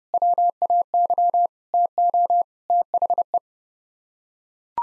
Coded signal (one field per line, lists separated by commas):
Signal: Morse code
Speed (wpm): 32 wpm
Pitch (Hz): 700 Hz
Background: none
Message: WAY TO THE